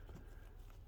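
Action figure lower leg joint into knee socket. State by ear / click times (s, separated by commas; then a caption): not seated / none. The lower leg joint of a 1/6 scale plastic action figure, which had popped out at the knee, is handled as it is pushed back toward its knee socket. Only low, steady handling noise is heard, with a faint brief tick at about 0.7 s. Nothing has seated or clicked into place yet.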